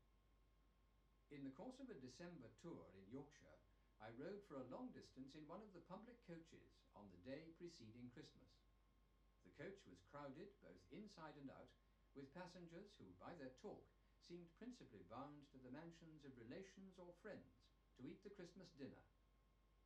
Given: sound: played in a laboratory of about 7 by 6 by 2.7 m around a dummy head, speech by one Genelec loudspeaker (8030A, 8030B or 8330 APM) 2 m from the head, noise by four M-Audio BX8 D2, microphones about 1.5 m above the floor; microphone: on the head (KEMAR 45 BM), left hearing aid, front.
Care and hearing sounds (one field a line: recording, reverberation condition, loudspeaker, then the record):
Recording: male speech in English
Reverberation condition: low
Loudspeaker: 150 degrees to the right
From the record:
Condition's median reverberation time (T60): about 310 ms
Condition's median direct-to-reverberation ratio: about 3.5 dB